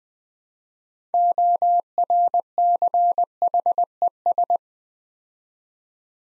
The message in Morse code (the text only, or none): ORCHES